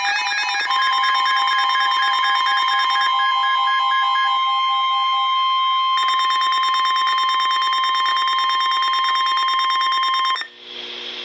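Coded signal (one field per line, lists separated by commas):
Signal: Emergency Alert System (SAME) tones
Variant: 1050 Hz attention tone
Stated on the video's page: Special marine warning alert tones from the NOAA Weather Radio station at Milwaukee, Wisconsin.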